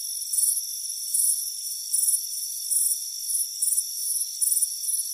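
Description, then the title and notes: Crickets give short trilled chirps at uneven intervals, sometimes two close together, over a persistent high-pitched hum. Crickets chirping on a warm afternoon on a front porch. "Soothing Crickets Chirping Sound. It's a warm afternoon as you relax in a hammock on the front porch. Relax and fall asleep to the soothing sound of chirping crickets. Deep Sleep Sounds"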